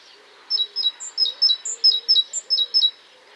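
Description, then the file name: Great tit giving a fast run of clear two-note phrases, sharp high notes alternating with lower ones. "Parus major"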